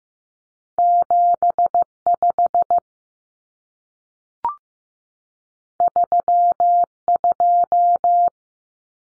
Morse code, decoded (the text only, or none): 75 32